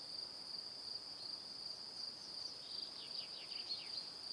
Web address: calm calmplus sounds Calm - Evening Crickets